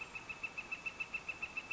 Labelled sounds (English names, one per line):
Northern Flicker